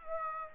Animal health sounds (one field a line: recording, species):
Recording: mosquito wingbeat signal from an infrared sensor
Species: Aedes aegypti